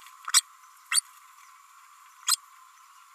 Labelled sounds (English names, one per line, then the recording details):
Green-rumped Parrotlet babbling
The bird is a female
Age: 30 days
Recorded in a nest box in Venezuela
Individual 17B32A5